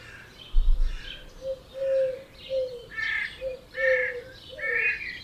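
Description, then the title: Birds calling at dawn, a series of low hoarse notes repeated beneath brighter chirping, with a short low thump near the start. Dawn chorus at 4am in Oberhofen, Inntal valley, Austria; binaural recording. "Birds Oberhofen Inntal Austria - 4am - binaural version"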